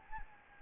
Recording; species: mosquito wingbeat signal from an infrared sensor; Anopheles gambiae